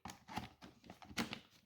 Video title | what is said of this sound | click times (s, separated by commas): Adapting weed eater batteries to old nicad drills | now it snaps right in and works. | 1.2 s